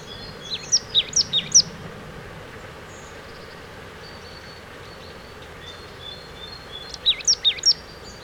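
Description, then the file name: Marsh tit call: a short burst of high, sharply falling chip notes at the start, a quiet stretch, then another similar burst near the end. "Poecile palustris"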